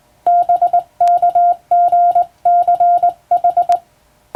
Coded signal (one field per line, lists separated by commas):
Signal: Morse code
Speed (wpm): 21 wpm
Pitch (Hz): 700 Hz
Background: none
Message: BKGCH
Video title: 電鍵を使ってモールス符号を打つ無線通信士という仕事が昭和にはありました。国家試験でモールスを打つ実技試験もありましたよ。懐かしいモールス信号を聴いてみませんか？morse code practice